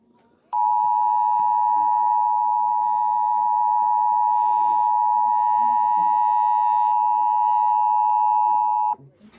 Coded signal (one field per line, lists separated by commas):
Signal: Emergency Alert System (SAME) tones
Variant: 853 and 960 Hz attention tone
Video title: EAS Alert #3 (MCU) - National Periodic Test